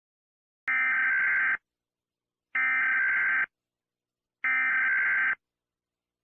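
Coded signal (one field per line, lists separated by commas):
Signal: Emergency Alert System (SAME) tones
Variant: header bursts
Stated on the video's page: Fictional EAS scenario presented as found footage from old analog TV broadcasts.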